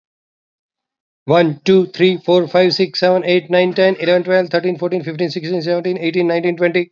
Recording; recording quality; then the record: counting at a fast pace; excellent, no background noise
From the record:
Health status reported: healthy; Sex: male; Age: 41 years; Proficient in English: yes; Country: India